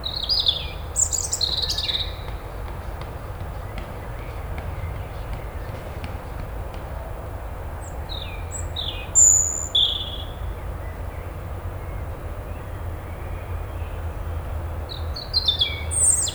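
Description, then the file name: European robin song: scattered bursts of high, sharp, tinkling phrases at the start, middle and end, separated by long quieter stretches of low rumble. "Erithacus rubecula"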